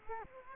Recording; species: mosquito wingbeat signal from an infrared sensor; Culex quinquefasciatus